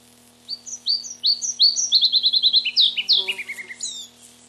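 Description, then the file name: Red-breasted flycatcher gives a ringing phrase: separated high notes, a rapid trill, then slurred notes dropping in pitch, with a low electrical hum throughout. "Mparva"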